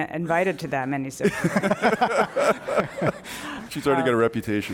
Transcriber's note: laughter